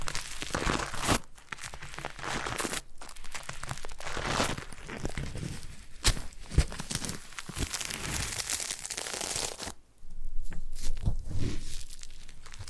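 Foam being massaged with hands, producing dense, continuous squishing and crinkling with scratchy, crackly textures across the whole range. The rubbing keeps a busy, uneven rhythm with short pauses near 1, 3 and 10 seconds, and a sharp snap around 6 seconds.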